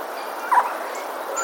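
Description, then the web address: Eurasian jay calling twice, each a brief harsh note, the second cut off at the end; soft hiss behind. Recorded on 15 February 2022. "wroblowe ostrzegator sojka"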